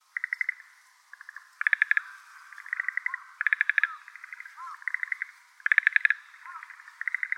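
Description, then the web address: Schlegel's green tree frog, pulsed rattling call bursts repeated every second or so, with softer trills and a few low croaks between them. Recorded on 24 March 2016. "birdenaga shregel aogaeru"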